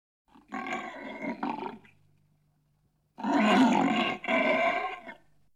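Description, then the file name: Tiger roaring: two long, harsh, harmonic bursts, the first over a second long, then a pause and a louder two-part roar near two seconds long. "tigre"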